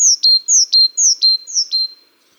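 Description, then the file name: Great tit repeating a high two-note phrase four times, each a falling whistled note joined to a short sharp lower note, steady and clear. "Parus major"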